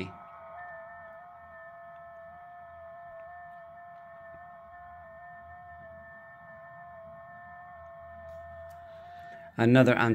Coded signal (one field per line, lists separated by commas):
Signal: FT8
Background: speech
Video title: ATS120D , FT8 DECODE LIVE